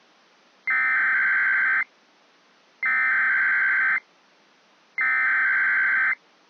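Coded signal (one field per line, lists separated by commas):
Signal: Emergency Alert System (SAME) tones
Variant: header bursts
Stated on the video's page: Recreated compilation of Required Monthly Tests from the Central Relay Network.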